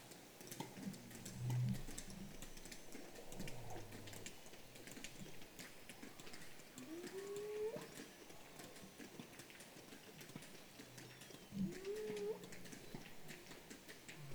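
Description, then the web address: Whale calls: several low moans and rising, curving whoops spaced a few seconds apart, amid constant clicking, crackling underwater noise. "baleines"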